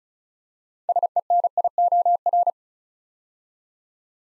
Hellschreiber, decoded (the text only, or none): none